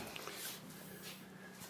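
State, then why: Not seated. A custom door panel is slid up and wiggled onto the mounting brackets of a JennAir built-in refrigerator door, giving only faint taps, with a sharp tap at about 0.2 s over a steady low hum. No bracket click is heard; nothing has seated or clicked yet, so the panel is not on and is lifted up to try again.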